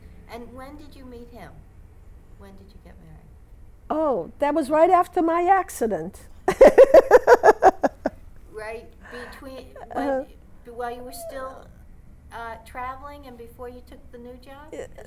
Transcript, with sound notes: And when did you meet him? When did you get married?
Oh, that was right after my accident. ( she laughs )
Right between, while you were still traveling, and before you took the new job?